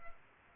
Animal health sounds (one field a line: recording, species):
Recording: mosquito wingbeat signal from an infrared sensor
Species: Aedes aegypti